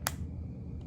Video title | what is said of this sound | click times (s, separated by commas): Making a Paper Quilt Using Scissors and Glue Sticks | until it clicks | 0.1 s